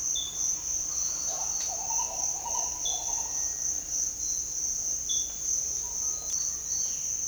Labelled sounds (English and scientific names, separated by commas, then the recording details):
Bare-faced Ibis (Phimosus infuscatus), Cinereous Tinamou (Crypturellus cinereus)
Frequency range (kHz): Cinereous Tinamou (Crypturellus cinereus) 1.4-2.3 kHz
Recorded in dense forest near Puerto Asís, Putumayo, Colombia, on 18 February 2024 at 07:00
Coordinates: 0.500, -76.322
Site G6465